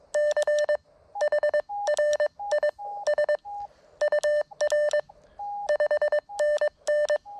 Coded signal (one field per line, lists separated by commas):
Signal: Morse code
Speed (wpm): 22 wpm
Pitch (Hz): 1800 Hz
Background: none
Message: CHRIS UR 5NN